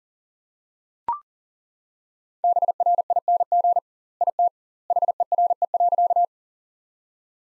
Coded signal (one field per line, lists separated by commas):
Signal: Morse code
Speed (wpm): 37 wpm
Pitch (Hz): 700 Hz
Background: none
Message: BRING IT HERE.